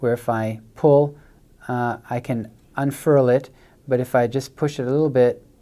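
A folded paper square-twist origami is handled, pulled to unfurl it and then pushed gently toward its folded stable state while someone talks throughout. Nothing has snapped or seated into place yet by the end of the clip.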